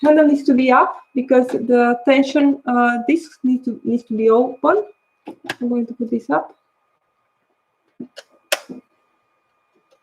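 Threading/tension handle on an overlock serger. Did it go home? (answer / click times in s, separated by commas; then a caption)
yes / 8.5 s. Someone talks for about six and a half seconds, then raises the threading/tension handle on an overlock serger so the tension discs open for threading. After a faint sound at 8.0 s, the handle snaps into its up position with a sharp click at 8.5 s.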